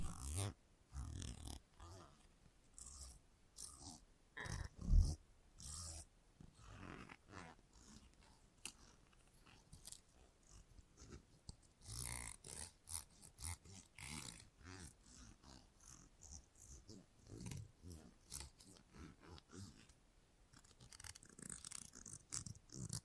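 Scissors snip steadily through a salon haircut, with quick, crisp cuts arriving in dense bursts and short pauses between. A sharp, louder clack lands around five seconds, and soft rustling and faint voice-like murmurs sit underneath the cutting.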